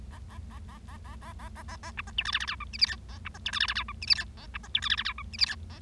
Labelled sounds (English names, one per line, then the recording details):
Bengalese Finch song
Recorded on 25 March 2012 at 10:51
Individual gy6or6